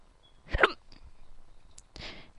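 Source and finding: Adult. Hiccups.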